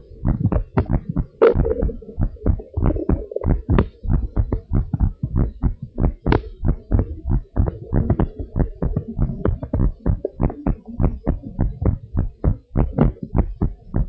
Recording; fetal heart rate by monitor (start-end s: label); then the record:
heart sounds of a pregnant woman by stethoscope
no fetal heartbeat
From the record:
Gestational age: 38 weeks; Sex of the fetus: girl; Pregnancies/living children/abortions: 5/2/2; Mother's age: 35 years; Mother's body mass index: 28.4